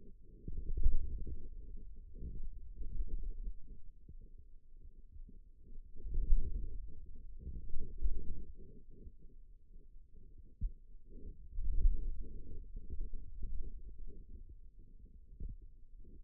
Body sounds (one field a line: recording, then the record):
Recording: forearm muscle sounds (acoustic myography)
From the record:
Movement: wrist extension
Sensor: system 2, bracelet of six BSWA MPA416 microphones around the upper forearm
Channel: 3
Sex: male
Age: 22 years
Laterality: right